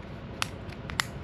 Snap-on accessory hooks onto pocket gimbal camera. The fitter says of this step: you hear that so that it clicks okay again be very careful with